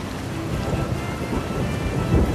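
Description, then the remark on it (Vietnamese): Steady, heavy rain hisses across the whole clip, a dense even wash of noise with a low rumbling undertone that swells slightly near the end. No voices. “Cơn mưa chịu nặng hai vai,”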